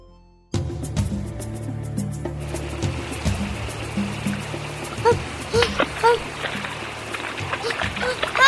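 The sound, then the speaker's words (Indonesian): A river flowing with a steady, rushing wash of water that starts abruptly and carries on throughout, with a low sustained hum underneath and a few brief splashy bursts near the end. “Mereka berlari makin ke tepi sungai.”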